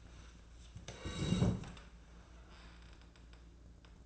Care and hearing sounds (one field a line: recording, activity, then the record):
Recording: daily activity, microphone in the room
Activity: sit down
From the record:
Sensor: 2